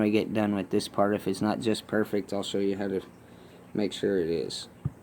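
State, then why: Not seated. Someone talks while handling a component of a mechanical fuel distributor during reassembly on a 560SL, with a brief faint sound near 4.9 s. The part has not yet snapped into place; nothing has seated or clicked yet.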